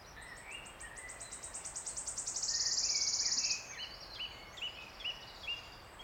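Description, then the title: Wood warbler song: a series of high ticks quickening into a loud shivering trill, followed by a few short whistled notes. Single male singing from the oak canopy in an ancient oak wood on a steep-sided wooded valley in South Wales, in May, just after rain stopped. "Sound Escape 16: listen to the cascade of wood warbler song in an ancient oak wood"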